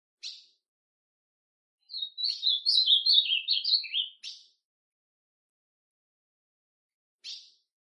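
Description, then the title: Ultramarine grosbeak song: one warbled whistled phrase of about two seconds, bracketed by short sharp call notes spaced several seconds apart. Classic song style (canto clássico) of the Ultramarine grosbeak. "Azulão Canto Clássico Original"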